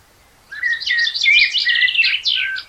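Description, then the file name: Common blackbird song: one unbroken phrase of high, squeaky twittering notes over lower whistled notes. "Turdus merula"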